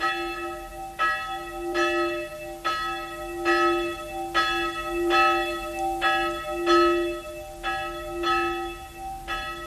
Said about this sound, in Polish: Na małym cmentarzyku węgierskiego miasteczka Sopron bije dzwon na pogrzebie starego Laszlo Bozo. Zmarł przed 3 dniami. Dzwon bije na znak, że oto w tej chwili ksiądz wyszedł z domku grabarza i udaje się do kaplicy.